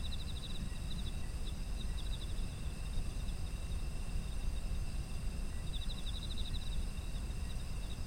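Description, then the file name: Insect chorus with continuous high ringing tones and short pulsed trills near the start and again near the end, against heavy low-pitched background rumble. Ambient environmental sound of insects in autumn. "秋の虫の環境音"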